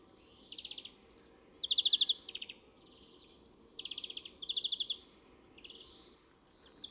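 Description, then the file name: European greenfinch singing short, pulsing trills in loose series, some louder and higher, with a soft rising wheezy note near the end. "Chloris chloris"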